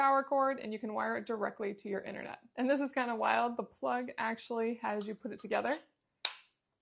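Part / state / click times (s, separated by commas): plug prong insert into power adapter of smart light bridge / seated / 6.3 s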